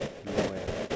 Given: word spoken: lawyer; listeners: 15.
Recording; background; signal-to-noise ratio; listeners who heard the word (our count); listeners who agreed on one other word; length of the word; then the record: one English word in noise, from a listening test; noise modulated by three-talker babble; -5.6 dB; 1 of 15; 6 of 15; 0.56 s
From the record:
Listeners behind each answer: 6, 2, 1, 1, 1, 1, 1, 1, 1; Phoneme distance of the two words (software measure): 40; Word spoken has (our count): 2 syllables, 4 phonemes, stress on syllable 1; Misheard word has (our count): 2 syllables, 4 phonemes, stress on syllable 1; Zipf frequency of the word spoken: 4.23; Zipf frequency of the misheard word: 4.57